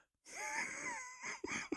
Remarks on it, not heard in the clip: What is a Preventil inhaler? Is that for my wheeze? The wheeze is from being sick.